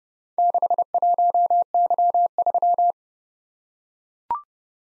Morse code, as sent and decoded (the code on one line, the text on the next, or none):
-.... .---- -.-- ...--
61Y3